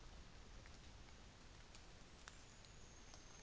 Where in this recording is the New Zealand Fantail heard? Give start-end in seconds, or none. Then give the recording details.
2.08-3.42. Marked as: faintness 4/5. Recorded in New Zealand on 24 December 2018. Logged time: 09:00